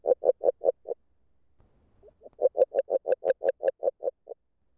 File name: Magyarorsz g B kahangjai - Erdei beka Agile Frog